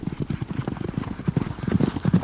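Horse galloping, a fast, low thudding stream of hoofbeats in uneven groups throughout.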